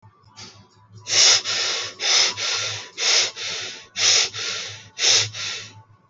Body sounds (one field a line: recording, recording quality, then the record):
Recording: shallow breathing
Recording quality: excellent, no background noise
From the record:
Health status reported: healthy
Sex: male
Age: 26 years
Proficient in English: yes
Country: India